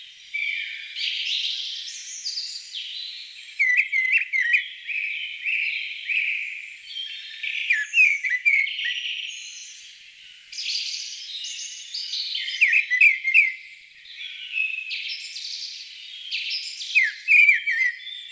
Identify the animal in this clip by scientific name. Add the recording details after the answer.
Turdus viscivorus. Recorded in the wild. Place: Freiburg im Breisgau / Im Vogelsang, Baden-Württemberg, DE. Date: 1988-04-03. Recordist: Schwarz, Dieter. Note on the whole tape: Song